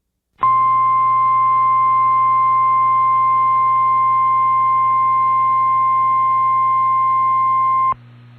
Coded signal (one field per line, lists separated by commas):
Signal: Emergency Alert System (SAME) tones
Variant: 1050 Hz attention tone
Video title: EAS 54 Dust Storm Warning at Wed May 14 2025 9:09:04 PM